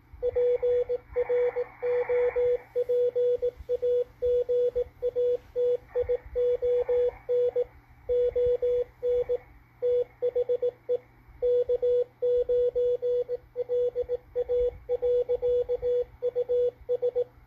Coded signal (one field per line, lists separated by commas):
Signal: Morse code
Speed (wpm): 19 wpm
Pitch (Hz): 490 Hz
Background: radio noise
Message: PROPAGATION ON THE K9LA.US